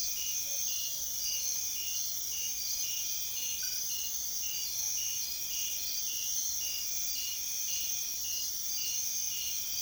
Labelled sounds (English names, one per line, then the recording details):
none
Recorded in secondary vegetation near Puerto Asís, Putumayo, Colombia, on 22 June 2025 at 00:00
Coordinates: 0.500, -76.326
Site GP08